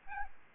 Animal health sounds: mosquito wingbeat signal from an infrared sensor; Aedes albopictus

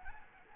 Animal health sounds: mosquito wingbeat signal from an infrared sensor; Anopheles arabiensis

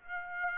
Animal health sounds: mosquito wingbeat signal from an infrared sensor; Aedes aegypti

